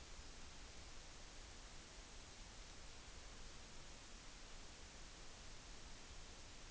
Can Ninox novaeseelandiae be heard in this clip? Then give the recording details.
no. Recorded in New Zealand on 14 June 2013. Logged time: 02:27. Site Ponui